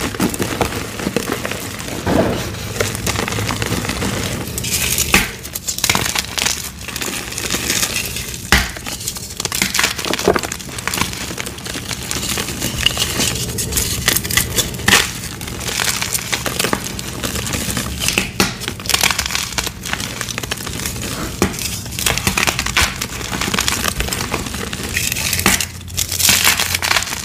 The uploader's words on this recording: Fresh & Dyed Blocks Random Gym Chalk Crushing Compilation. Nonstop asmr crushing sounds.